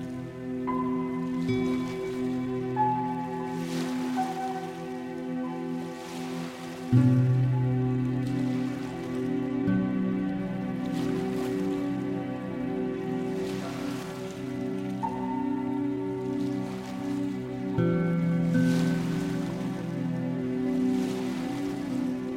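Calm music with nature sounds: sustained low tones shift every few seconds beneath soft melodic notes, while a steady rain-like patter runs throughout. Brighter washes of water swell and fade at regular intervals, and a deeper chord change enters near seven seconds.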